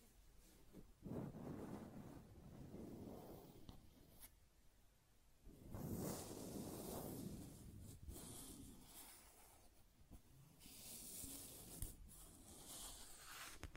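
Rough scratching and tracing sounds come in uneven strokes, with thick, grainy rubbing bursts around one, three, six and nine seconds. Sharp clicks and taps punctuate the gaps, and a brighter, hissy scrape fills the last few seconds.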